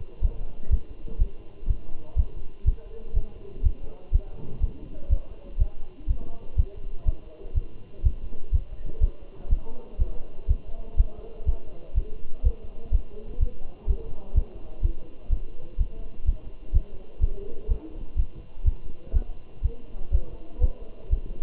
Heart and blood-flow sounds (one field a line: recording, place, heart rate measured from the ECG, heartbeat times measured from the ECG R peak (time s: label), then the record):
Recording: heart sounds by stethoscope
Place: between the tricuspid and mitral areas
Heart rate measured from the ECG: 124 bpm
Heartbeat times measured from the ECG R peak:
0.24 s: heartbeat
0.72 s: heartbeat
1.20 s: heartbeat
1.69 s: heartbeat
2.18 s: heartbeat
2.67 s: heartbeat
3.16 s: heartbeat
3.65 s: heartbeat
4.14 s: heartbeat
4.63 s: heartbeat
5.11 s: heartbeat
5.60 s: heartbeat
6.09 s: heartbeat
6.58 s: heartbeat
7.07 s: heartbeat
7.56 s: heartbeat
8.05 s: heartbeat
8.54 s: heartbeat
9.03 s: heartbeat
9.51 s: heartbeat
10.01 s: heartbeat
10.50 s: heartbeat
10.99 s: heartbeat
11.48 s: heartbeat
11.97 s: heartbeat
12.45 s: heartbeat
12.94 s: heartbeat
13.41 s: heartbeat
13.89 s: heartbeat
14.36 s: heartbeat
14.84 s: heartbeat
15.32 s: heartbeat
15.80 s: heartbeat
16.27 s: heartbeat
16.75 s: heartbeat
17.22 s: heartbeat
17.70 s: heartbeat
18.18 s: heartbeat
18.66 s: heartbeat
19.15 s: heartbeat
19.64 s: heartbeat
20.13 s: heartbeat
20.63 s: heartbeat
21.12 s: heartbeat
From the record:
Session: Bruce protocol treadmill stress test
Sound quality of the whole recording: good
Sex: male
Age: 27 years